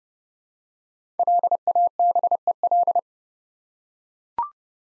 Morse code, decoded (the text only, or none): LABEL